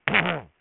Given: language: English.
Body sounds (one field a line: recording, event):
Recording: throat vibration sensor signal played as sound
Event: throat clearing